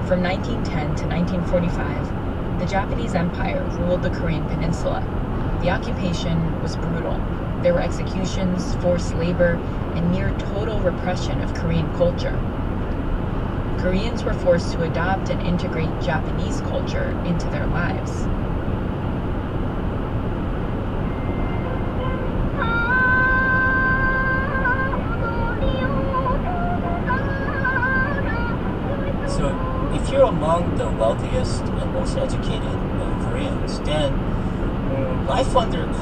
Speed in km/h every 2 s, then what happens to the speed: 119, 119, 119, 118, 119, 119, 119, 121, 121, 121, 122, 124, 124, 124, 124, 124, 126, 126.
0-36 steady at about 121.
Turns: none.